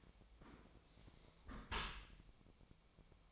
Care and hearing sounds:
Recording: daily activity, microphone in the room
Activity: close dishwasher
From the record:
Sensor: 1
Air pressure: 1003.1 hPa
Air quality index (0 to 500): 196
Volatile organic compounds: 6 ppm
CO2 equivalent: 1870 ppm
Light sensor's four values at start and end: 16/40/17/20 and 16/40/17/20

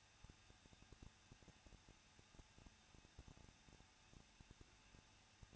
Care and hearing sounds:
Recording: daily activity, microphone in the room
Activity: no activity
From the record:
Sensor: 2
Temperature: 21.0 degrees Celsius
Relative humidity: 37.4%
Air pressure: 1006.2 hPa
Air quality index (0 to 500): 222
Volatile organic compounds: 24 ppm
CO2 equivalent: 2813 ppm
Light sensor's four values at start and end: 2/3/2/2 and 2/3/2/2

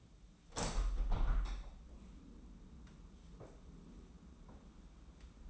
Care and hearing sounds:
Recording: daily activity, microphone in the room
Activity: open window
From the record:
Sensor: 1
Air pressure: 994.3 hPa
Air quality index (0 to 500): 213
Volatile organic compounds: 1000 ppm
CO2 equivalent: 7663 ppm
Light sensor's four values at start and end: 76/165/75/79 and 76/167/75/80

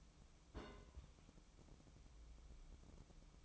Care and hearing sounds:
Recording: daily activity, microphone in the room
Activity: place on stove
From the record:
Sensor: 1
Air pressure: 1008.1 hPa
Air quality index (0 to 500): 136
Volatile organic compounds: 2 ppm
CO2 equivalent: 1145 ppm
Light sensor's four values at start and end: 8/18/7/8 and 8/19/7/8

